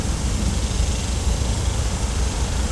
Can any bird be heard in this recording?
no